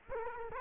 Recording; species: mosquito wingbeat signal from an infrared sensor; Culex quinquefasciatus